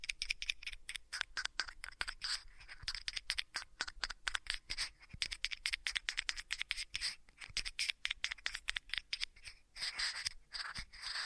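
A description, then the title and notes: Ear massage sounds made up of rapid scratching and rubbing that fill the whole clip. The strokes come in dense, fairly regular bursts, bright and crisp, with short pauses between them and a faint low hum underneath. ASMR Most Tingly Ear Massage Triggers for Sleep (No Talking).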